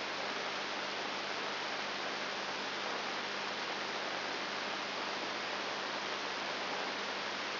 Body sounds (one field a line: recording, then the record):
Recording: brain microelectrode recording played as sound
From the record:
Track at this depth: outside the subthalamic nucleus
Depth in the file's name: 0.308 mm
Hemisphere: left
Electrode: 3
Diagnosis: Parkinson's disease